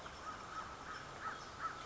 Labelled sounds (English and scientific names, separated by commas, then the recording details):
American Crow (Corvus brachyrhynchos)
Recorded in Sonoma County, California